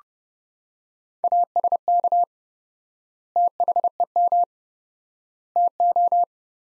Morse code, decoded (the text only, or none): ASK THEM TO